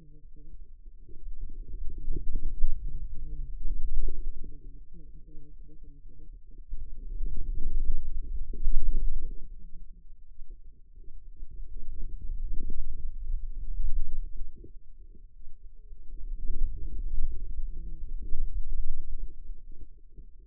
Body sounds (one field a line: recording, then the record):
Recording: forearm muscle sounds (acoustic myography)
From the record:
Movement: wrist extension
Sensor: system 2, bracelet of six BSWA MPA416 microphones around the upper forearm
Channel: 5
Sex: female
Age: 25 years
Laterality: right